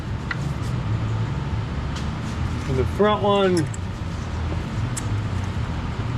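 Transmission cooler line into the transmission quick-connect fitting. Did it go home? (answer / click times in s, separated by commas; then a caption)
no / none. The front transmission cooler line is handled at its quick-connect fitting on a ZF 8/9-speed automatic transmission, but nothing has seated or clicked yet. A steady low rumble of vehicle-like noise runs throughout, with a sharp transient at 0.3 s, and someone talks briefly around 3 s.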